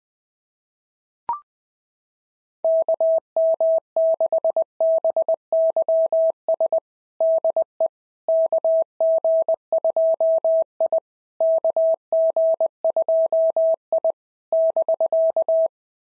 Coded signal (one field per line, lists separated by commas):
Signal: Morse code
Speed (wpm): 18 wpm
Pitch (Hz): 650 Hz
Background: none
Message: KM6BYS DE KG2I KG2I <BK>